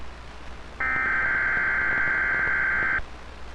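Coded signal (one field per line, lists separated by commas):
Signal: Emergency Alert System (SAME) tones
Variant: header bursts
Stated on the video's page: Winter Storm and Blizzard Warnings broadcast on Weatheradio Canada, transmitter at Saskatoon, 162.550 MHz.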